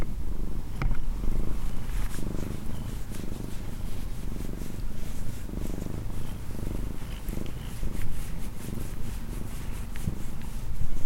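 Cat purring, a low droning rumble that pulses gently with each breath, with faint clicks in the background.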